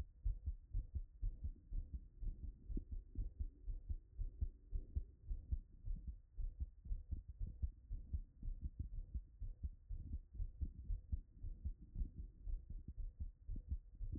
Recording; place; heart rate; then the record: heart sounds by stethoscope; Erb's point; 121 bpm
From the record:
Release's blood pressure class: hypertension stage 2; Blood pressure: 161/100 mmHg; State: after exercise